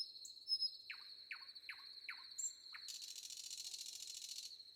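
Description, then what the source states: Common nightingale giving repeated down-slurred notes, then a harsh buzzy burst, with a continuous high cricket drone behind. Wind and crickets audible.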